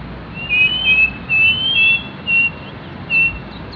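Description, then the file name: Striped cuckoo giving a series of pure, high whistles, some slurred and rising, followed by shorter spaced notes. Faint background hiss. "strpcuc"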